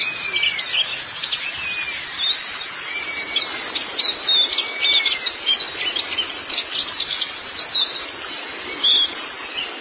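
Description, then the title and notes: White-eye song: dense, high-pitched twittering with quick chirps and short rising whistles, continuous throughout. "Kicauan Burung Pleci Durasi Panjang. Suara kicauan burung pleci"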